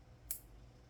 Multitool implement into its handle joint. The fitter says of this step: audible snap of the tool sets I do like that